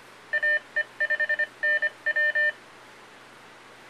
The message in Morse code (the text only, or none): AE5NW